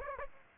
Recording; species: mosquito wingbeat signal from an infrared sensor; Aedes aegypti